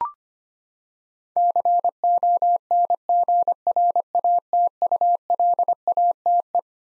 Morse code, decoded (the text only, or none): CONGRATULATE